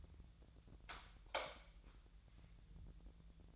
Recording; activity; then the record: daily activity, microphone in the room; light off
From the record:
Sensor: 3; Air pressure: 1000.0 hPa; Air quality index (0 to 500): 123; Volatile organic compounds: 2 ppm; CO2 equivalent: 1103 ppm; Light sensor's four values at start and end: 48/123/53/57 and 45/115/49/54